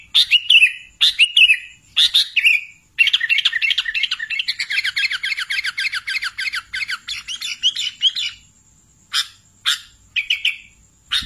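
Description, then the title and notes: Sooty-headed bulbul giving clipped whistled notes, then a long fast chattering run of rapid notes, then a return to spaced chirps. "Kicau Burung Kutilang"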